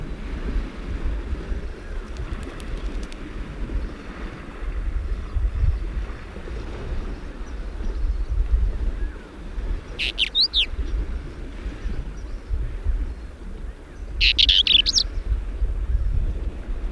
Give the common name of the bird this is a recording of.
Pied Wheatear